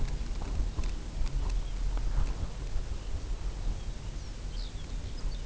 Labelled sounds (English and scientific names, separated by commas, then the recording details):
unidentified sound, Lapland Longspur (Calcarius lapponicus)
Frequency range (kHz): Lapland Longspur (Calcarius lapponicus) 2.1-6.3 kHz
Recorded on Arctic tundra, site UTQI-0, on 16 June 2019
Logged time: 20:00